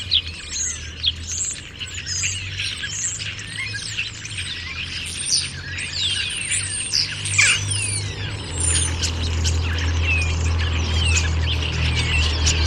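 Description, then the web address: Bird chorus of rapid high chirps and descending whistles, one sharp call standing out midway, over a low steady hum that strengthens in the second half. "Deverinetal 2025. Bird Only"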